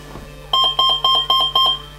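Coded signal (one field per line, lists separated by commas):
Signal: beep code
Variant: brushless ESC programming beeps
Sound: five quick high electronic beeps in a row, about four per second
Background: low electrical hum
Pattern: 5 short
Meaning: Menu item 5: startup mode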